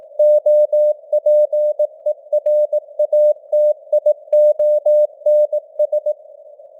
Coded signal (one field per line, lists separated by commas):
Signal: Morse code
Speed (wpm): 18 wpm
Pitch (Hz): 600 Hz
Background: none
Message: OPERATIONS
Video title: Morse Code News | 2025-10-15 | 18wpm